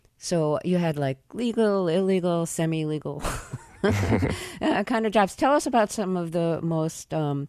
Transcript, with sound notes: So you had, like, legal, illegal, semi-legal...
(LAUGHTER)
...Kind of jobs. Tell us about some of the most